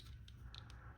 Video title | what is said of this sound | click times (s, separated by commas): 🔥SMALL BUT MIGHTY! THE TRANSFORMERS STUDIO SERIES WINDCHARGER Review! 🔥# transformers | Now you can take the windshield piece right here and bring it back and make sure it clicks in right here | 0.6 s